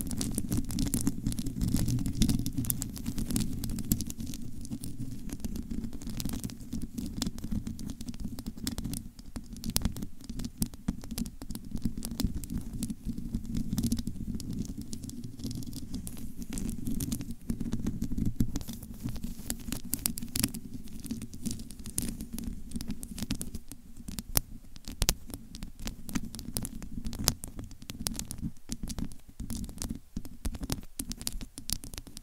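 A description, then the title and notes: Long nails scratch and tap directly on a microphone, giving a constant close, muffled rumble underneath. Sharp, bright clicks and ticks come rapidly and irregularly throughout, growing busier and louder in the last third. ASMR Mic Scratching & Tapping with Long Nails BRAIN MELTING! (No Talking).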